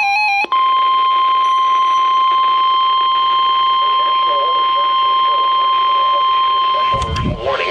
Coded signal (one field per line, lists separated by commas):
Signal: Emergency Alert System (SAME) tones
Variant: 1050 Hz attention tone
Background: speech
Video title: 2 Same Special Marine Warnings for 2 Chesapeake Bay Zones and 2 Rivers {EAS #1284-85}